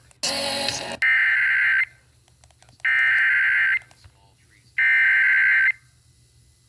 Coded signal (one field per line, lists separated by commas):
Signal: Emergency Alert System (SAME) tones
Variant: header bursts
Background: speech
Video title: EAS #240 Severe Thunderstorm Warning on WRKV